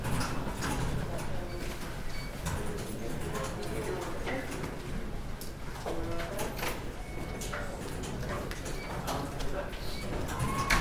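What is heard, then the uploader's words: Busy indoor murmur at a library entrance, with overlapping voices talking throughout. Brief clicks and knocks punctuate the steady hum, and a door seems to slide or thud now and then, with faint high chirps or squeaks here and there. Sounds of UCL: Science Library entrance. In this recording the two microphones are capturing the overall sounds of the Science Library entrance area while other two are placed on the floor: one microphone is standing outside of the library turnstile while the other one is being placed inside of the library turnstile.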